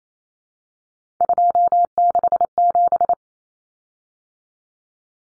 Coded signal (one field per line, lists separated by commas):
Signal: Morse code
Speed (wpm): 28 wpm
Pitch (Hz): 700 Hz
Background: none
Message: 267